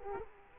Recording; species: mosquito wingbeat signal from an infrared sensor; Culex quinquefasciatus